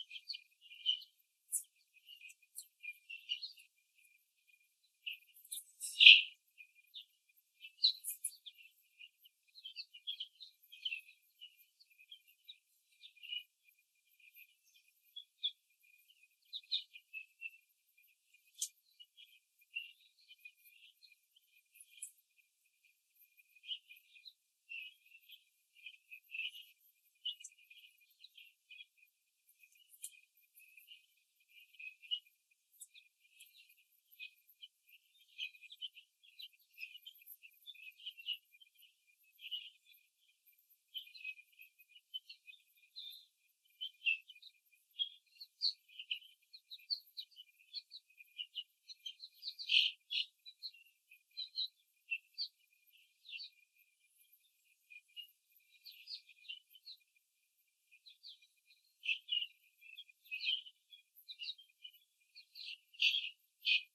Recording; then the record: young laying hens in a cage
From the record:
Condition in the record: after the stressor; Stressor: simulated dog barking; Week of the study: 3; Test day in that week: 1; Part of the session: 1